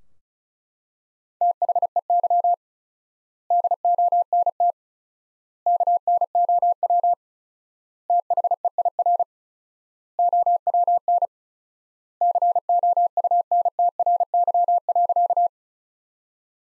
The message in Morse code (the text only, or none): THEY DONT KNOW THEIR OWN COUNTRY.